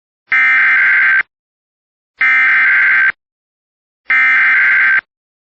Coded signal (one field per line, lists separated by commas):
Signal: Emergency Alert System (SAME) tones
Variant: header bursts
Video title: [EAS] Winter Storm Warning for Cass County MN (12/09/2025)